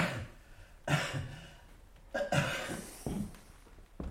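A patient coughs on request during a doctor's chest examination: a few short, raspy coughs, three bursts spaced about a second apart, each sharp at the start and quickly fading, with a second, harsher double cough in the middle and no talking.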